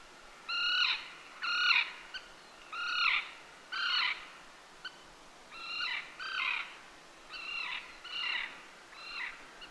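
Common tern calls, harsh grating downslurred notes, often in pairs, repeated over a soft background hiss.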